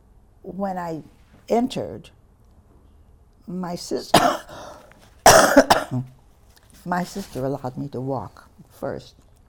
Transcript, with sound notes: when I entered, my sister, (coughing) my sister allowed me to walk first.